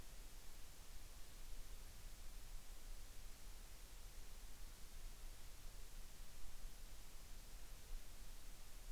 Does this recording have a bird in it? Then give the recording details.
no. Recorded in the Arctic National Wildlife Refuge, Alaska, on 3 August 2019. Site 33